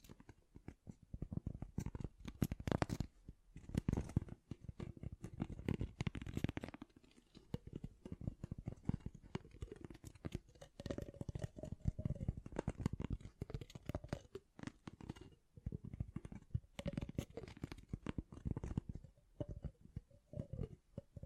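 Dense, quick tapping continues throughout, mostly low and thumping with occasional brighter clicks, plus faint shuffling and brief tonal squeaks midway.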